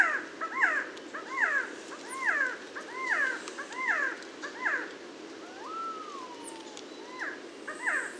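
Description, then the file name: Resplendent quetzal giving a steady series of arched, downslurred calls, with a long smooth descending whistle partway through. "Resplendent Quetzal Pharomachrus mocinno"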